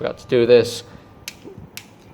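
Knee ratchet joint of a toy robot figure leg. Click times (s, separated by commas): 1.3 s, 1.8 s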